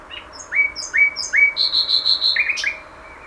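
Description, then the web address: Common nightingale phrase: three rising whistled notes followed by a buzzy high trill and a few lower chattering notes. "SETE Luscinia megarhynchos"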